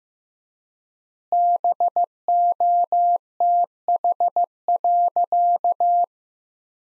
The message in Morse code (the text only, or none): BOTH.